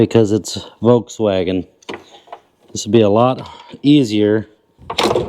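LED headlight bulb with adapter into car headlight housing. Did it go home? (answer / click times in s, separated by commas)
no / none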